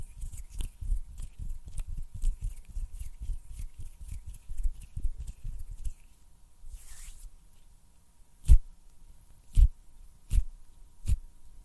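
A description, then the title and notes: Hand sounds fill the first six seconds with a dense run of soft, low taps and brushing thumps, irregular and quick. After a brief quiet swish near seven seconds, four sharp snaps ring out clearly, spaced about a second apart between eight and eleven seconds. ASMR HAND SOUNDS AND SNAPPING - NO TALKING.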